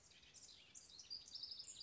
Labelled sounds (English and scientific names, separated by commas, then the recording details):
House Wren (Troglodytes aedon)
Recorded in Sonoma County, California